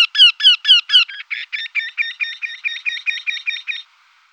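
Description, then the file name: Eurasian wryneck calling in a quick series: five loud, sharply falling nasal notes lead into a longer run of softer, squarer repeated notes. "torcicollo"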